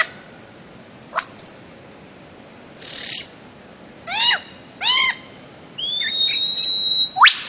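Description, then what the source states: Bird-of-paradise calls: isolated sharp upswept notes, paired descending slurred whistles, and a long steady high whistle near the end. Master song for training songbirds.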